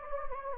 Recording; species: mosquito wingbeat signal from an infrared sensor; Anopheles gambiae